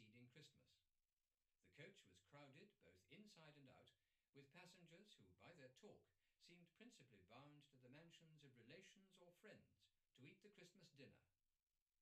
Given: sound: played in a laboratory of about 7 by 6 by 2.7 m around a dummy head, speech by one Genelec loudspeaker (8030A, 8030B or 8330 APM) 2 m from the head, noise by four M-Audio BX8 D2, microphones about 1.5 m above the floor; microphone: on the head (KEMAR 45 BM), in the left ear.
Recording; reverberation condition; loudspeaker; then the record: male speech in English; low; 30 degrees to the right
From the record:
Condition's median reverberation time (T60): about 310 ms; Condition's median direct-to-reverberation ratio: about 3.5 dB